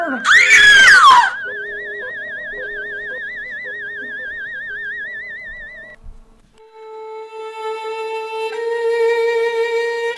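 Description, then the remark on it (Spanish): A loud, shrill scream bursts out at the start and slides downward in pitch over about a second, giving way to eerie wavering tones and then a swell of music. “Con este grito termina el tercer episodio de la radionovela interactiva de La Enredadera.”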